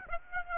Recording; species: mosquito wingbeat signal from an infrared sensor; Aedes aegypti